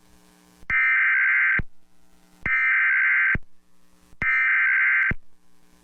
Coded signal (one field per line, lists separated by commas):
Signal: Emergency Alert System (SAME) tones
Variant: header bursts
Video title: EAS Alerts from 6/16/23